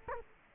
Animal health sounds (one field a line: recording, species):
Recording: mosquito wingbeat signal from an infrared sensor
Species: Culex quinquefasciatus